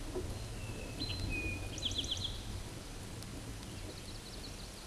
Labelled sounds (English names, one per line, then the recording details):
Eastern Towhee song
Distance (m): 30 m
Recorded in a Pennsylvania forest on 17 May 2023 at 13:22
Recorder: AudioMoth, point grid1_31_low
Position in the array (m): 118 m, 104 m